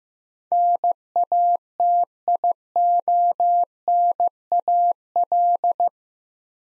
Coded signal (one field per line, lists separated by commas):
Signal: Morse code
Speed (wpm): 15 wpm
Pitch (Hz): 700 Hz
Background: none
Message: NATIONAL